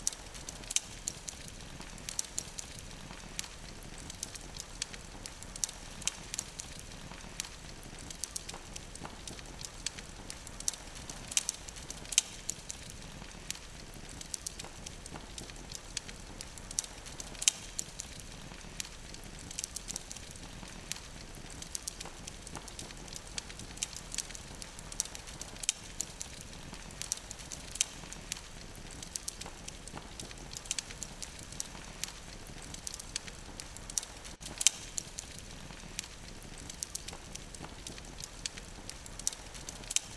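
Burning wood crackles steadily throughout, with dense, rapid pops and snaps scattered across the whole forty seconds. A soft low roar of the fire sits underneath, and a few sharper, louder cracks stand out, notably near the middle and around thirty-five seconds.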